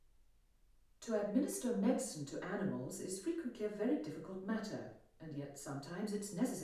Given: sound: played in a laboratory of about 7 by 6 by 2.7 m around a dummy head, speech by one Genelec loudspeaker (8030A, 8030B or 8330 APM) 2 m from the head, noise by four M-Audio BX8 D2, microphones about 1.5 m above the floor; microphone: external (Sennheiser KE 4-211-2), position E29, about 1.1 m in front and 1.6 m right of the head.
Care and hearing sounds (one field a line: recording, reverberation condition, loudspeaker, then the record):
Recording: female speech in English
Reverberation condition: medium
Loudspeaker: 90 degrees to the left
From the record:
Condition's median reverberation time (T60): about 510 ms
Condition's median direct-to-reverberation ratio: about -0.5 dB